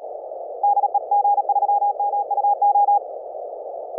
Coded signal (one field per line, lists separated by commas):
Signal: Morse code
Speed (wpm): 35 wpm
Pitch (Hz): 820 Hz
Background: none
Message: DE G3MUO